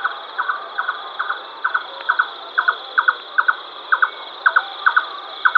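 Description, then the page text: Red-necked nightjar giving a steady run of hollow, doubled knocking notes, about two pairs per second, over a continuous high insect-like drone. "Red-Necked Nightjar Call. Quick Sounds"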